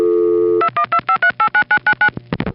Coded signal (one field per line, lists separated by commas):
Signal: DTMF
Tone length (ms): 80 ms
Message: 2125389999